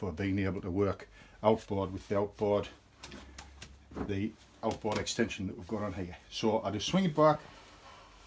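Someone talks while beginning to swing the swivelling headstock of a Record Power Regent/Envoy woodturning lathe, set to the outboard-turning extension, back toward its straight position on the lathe bed. The ball-bearing detent has not yet clicked in, and nothing has seated.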